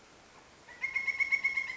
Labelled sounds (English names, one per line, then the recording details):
Pileated Woodpecker
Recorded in Sonoma County, California